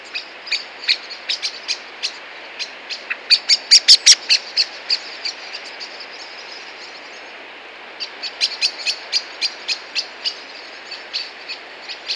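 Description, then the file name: Common blackbird chip calls in irregular runs, with a loud, fast volley in the first half, a quiet gap, and then a renewed series of clicks. "Turdus merula"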